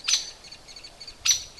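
Hairy woodpecker giving two sharp, loud, high peek notes, spaced a little over a second apart, with a quiet background.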